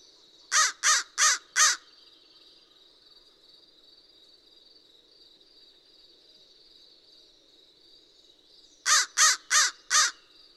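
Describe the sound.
American crow caws: a quick run of four harsh caws, a long pause of about seven seconds, then another run of four, over a faint steady high hum.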